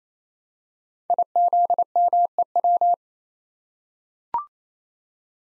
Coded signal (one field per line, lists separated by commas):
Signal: Morse code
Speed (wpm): 27 wpm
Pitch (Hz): 700 Hz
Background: none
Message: IZMEW